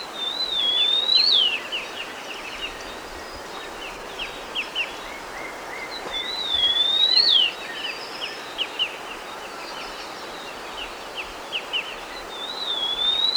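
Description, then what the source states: Sunda bush warbler singing a wavering whistle that rises then drops steeply, repeated three times roughly every six seconds, the last cut off at the end, with scattered short chirps between. Recorded on 1 March 2008.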